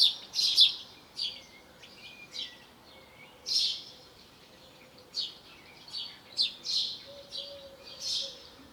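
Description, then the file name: House sparrow chirps, sharp and irregular, scattered singly and in pairs across the recording with uneven gaps between them. "Passer domesticus"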